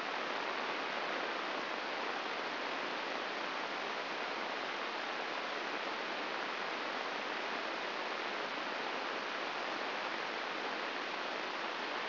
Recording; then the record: brain microelectrode recording played as sound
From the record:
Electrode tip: inside the subthalamic nucleus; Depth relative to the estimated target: 2 mm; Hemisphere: right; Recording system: AlphaMap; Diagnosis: Parkinson's disease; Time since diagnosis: 10 years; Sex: female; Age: 63 years